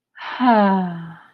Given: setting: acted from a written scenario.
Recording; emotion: vocal sound without words; serenity